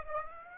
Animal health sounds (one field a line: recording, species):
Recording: mosquito wingbeat signal from an infrared sensor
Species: Aedes aegypti